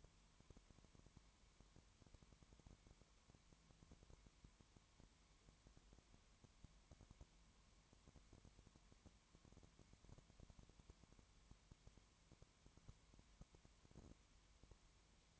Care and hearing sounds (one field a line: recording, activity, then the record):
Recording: daily activity, microphone in the room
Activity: no activity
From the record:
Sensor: 3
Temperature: 20.2 degrees Celsius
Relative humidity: 31.4%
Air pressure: 1001.3 hPa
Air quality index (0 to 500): 75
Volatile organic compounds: 1 ppm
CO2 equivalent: 698 ppm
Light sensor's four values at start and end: 2/3/2/2 and 2/3/2/2